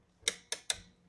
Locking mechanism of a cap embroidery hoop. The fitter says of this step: it clicks into place so I'm just going to push this right down on there